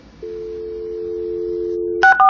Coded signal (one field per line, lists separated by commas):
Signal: telephone call progress tone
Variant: North America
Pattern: dial tone